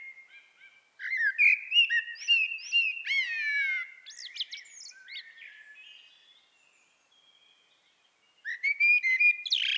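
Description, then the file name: Common blackbird song: a long warbling phrase with slurred falling notes and scratchy twitters fades into a quiet pause, and a new phrase begins at the end. "Turdus merula"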